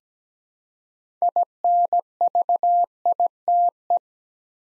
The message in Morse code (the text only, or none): INVITE